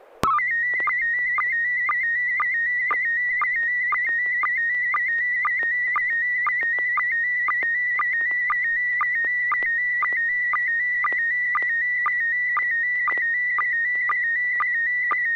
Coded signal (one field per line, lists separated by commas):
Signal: SSTV (slow-scan television)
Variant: PD 120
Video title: N6NA SSTV Net - 05/25/2022